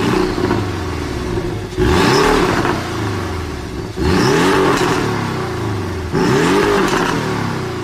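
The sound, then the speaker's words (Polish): The four-cylinder turbo engine of a 718 small sports car revs hard three times, each burst a loud, rising burble that drops back to a rough, throbbing idle between blips. “718, mimo że ma czterocylindrowy silnik turbo, gulgocze jak indoor na godach.”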